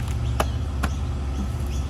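A washed filter is refitted onto the plastic body of a Dyson stick vacuum during reassembly. Two sharp, short clicks are heard at 0.4 and 0.8 seconds over a steady low hum. The filter clips into place and is seated.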